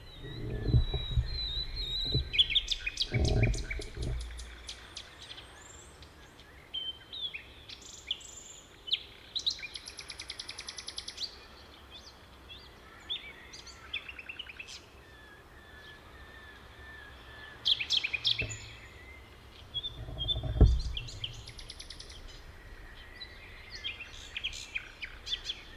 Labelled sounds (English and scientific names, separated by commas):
Common Nightingale (Luscinia megarhynchos) song